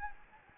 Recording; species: mosquito wingbeat signal from an infrared sensor; Anopheles gambiae